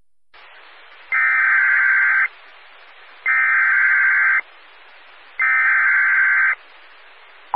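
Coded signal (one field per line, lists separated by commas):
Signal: Emergency Alert System (SAME) tones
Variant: header bursts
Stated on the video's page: Morse heard during a Skywarn weather net.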